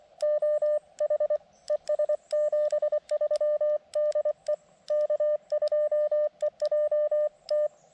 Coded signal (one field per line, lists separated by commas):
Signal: Morse code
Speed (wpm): 24 wpm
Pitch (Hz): 600 Hz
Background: none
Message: OH ES 73 DE K2EJT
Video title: QRP CW POTA at US-5221 with the KX2